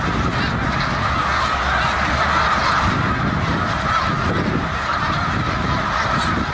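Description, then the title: Snow goose: snow geese honking en masse, countless yelping notes blending into a continuous wall of sound with steady low rumble underneath. Several snow geese at Beaudet reservoir, Victoriaville. "Oies blanches au réservoir Beaudet, Victoriaville"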